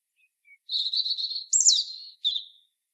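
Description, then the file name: European robin delivering a sweet, high warble that jumps into a sharp upward flourish, then a short closing twitter; the background stays quiet. "Erithacus rubecula"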